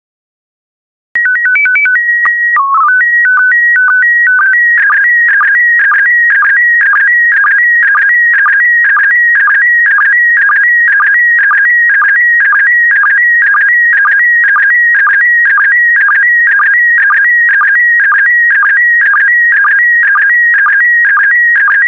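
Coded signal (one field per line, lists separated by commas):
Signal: SSTV (slow-scan television)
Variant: PD120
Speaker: get ready starting transmission in 5 4 3 2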